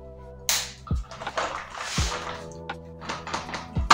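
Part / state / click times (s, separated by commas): plastic part into stick vacuum / seated / 3.9 s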